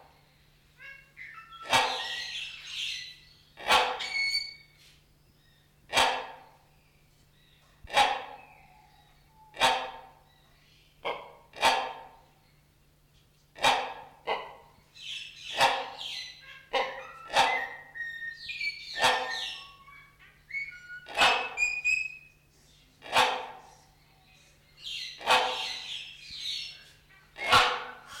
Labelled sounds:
Common Hill Myna

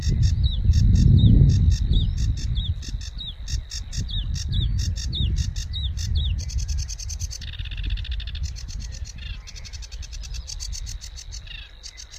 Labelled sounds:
Sedge Warbler song

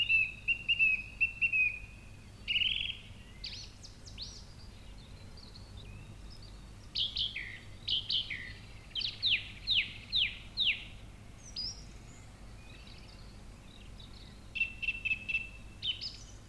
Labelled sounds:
Song Thrush song

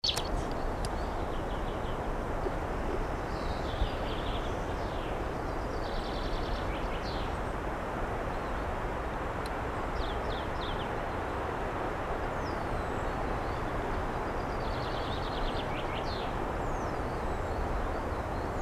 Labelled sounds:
European Green Woodpecker song

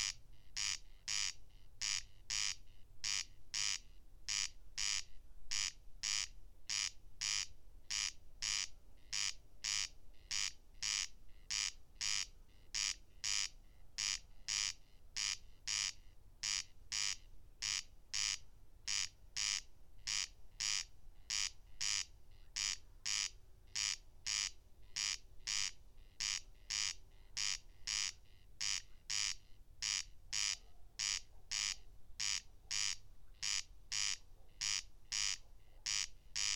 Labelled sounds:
Corn Crake song

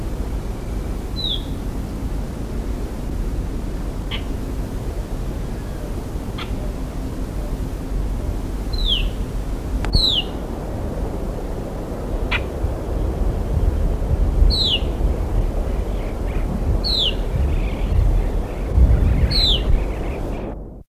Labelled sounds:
Greyish Baywing contact call

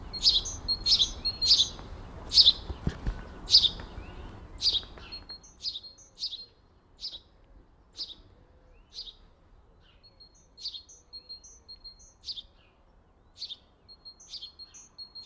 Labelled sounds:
House Sparrow call

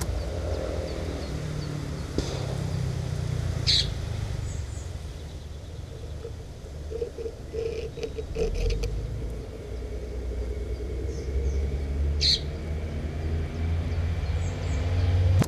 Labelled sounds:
Common Blackbird call

